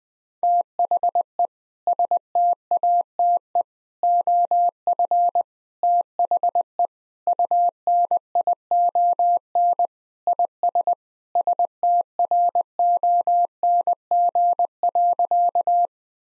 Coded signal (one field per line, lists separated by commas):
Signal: Morse code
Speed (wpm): 20 wpm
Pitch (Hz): 700 Hz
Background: none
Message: THE STATE OF THE UNION IS STRONG.